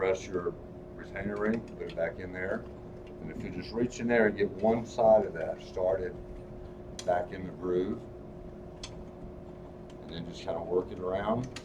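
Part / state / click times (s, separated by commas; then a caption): retainer ring into check valve groove / not seated / none. Someone talks while a compressed metal retainer ring is being put back into a check valve body, with one side of the ring started in the groove inside before it is worked around. A brief faint tick occurs at about 8.8 s over a steady low hum, but the ring has not yet snapped or seated in the groove.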